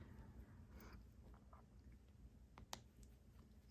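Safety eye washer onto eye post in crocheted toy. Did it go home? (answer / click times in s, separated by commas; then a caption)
yes / 2.7 s. A plastic backing washer is pushed onto the post of a plastic safety eye through a crocheted amigurumi head. After soft rubbing and faint ticks, a sharp click at 2.7 s marks the washer locking into place. It is seated and will not come out.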